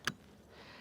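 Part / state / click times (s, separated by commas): bail arm on a spinning/spincast fishing reel / seated / 0.1 s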